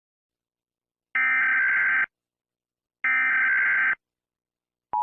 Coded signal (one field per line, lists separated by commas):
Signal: Emergency Alert System (SAME) tones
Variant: header bursts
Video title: EAS scenario: earth falls to the sun